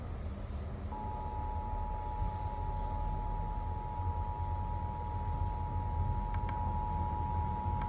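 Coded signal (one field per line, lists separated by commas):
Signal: Emergency Alert System (SAME) tones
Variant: 853 and 960 Hz attention tone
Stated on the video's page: Severe thunderstorm warning received on NOAA weather radio.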